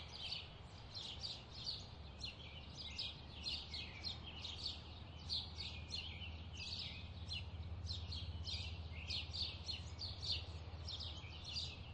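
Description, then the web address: Birds chirping, a steady stream of short high chirps overlapping one another over a low background rumble. Bird chirping ambience. "SFXBible animals-birds-chirp-ambience"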